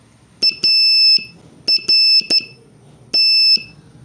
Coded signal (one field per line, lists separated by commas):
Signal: Morse code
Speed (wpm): 12 wpm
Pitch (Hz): 2650 Hz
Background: none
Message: ART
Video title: Morse Code Practice Session 7